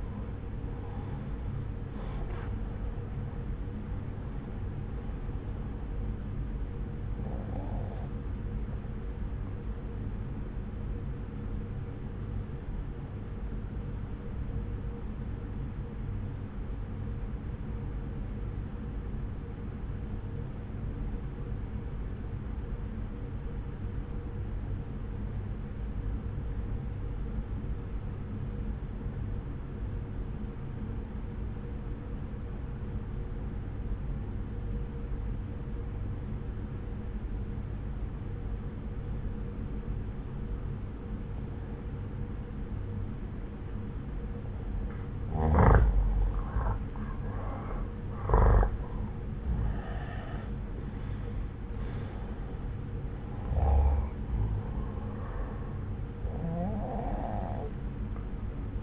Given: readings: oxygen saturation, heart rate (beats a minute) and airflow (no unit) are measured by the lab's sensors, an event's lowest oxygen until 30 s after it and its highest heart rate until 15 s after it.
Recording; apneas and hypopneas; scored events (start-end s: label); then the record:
breathing in sleep by a smartphone at the bedside; 1
13.00-45.50 s: obstructive apnea (N1, oxygen 95% highest, then 84% lowest, heart rate 62 at the start, 70 highest)
From the record:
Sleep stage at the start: N1 (lightest sleep); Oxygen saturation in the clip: 85 to 95%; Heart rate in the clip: 59 to 70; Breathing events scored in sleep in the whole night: 303 in 8.1 hours asleep